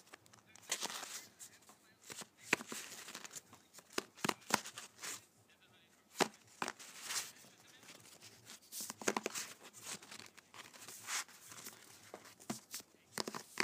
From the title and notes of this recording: ASMR Playing Cards.